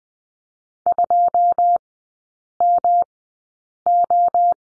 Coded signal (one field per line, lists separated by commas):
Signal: Morse code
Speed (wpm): 20 wpm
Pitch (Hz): 700 Hz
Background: none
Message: 2MO